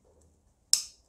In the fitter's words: Maybe you have to pull it a little bit or press it, and it should click in there.